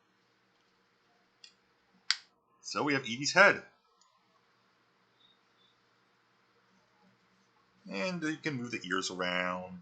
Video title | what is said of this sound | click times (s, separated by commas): Model building Stream | and uh they're just snap into place | 1.4 s, 2.1 s